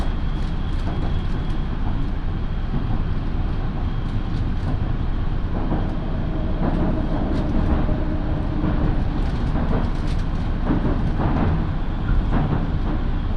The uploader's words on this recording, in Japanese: 身延線 富士→芝川。身延線を各駅停車で乗り通します。